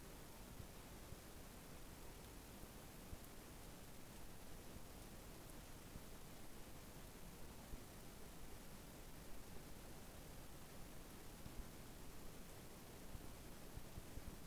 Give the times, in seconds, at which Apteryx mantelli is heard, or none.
none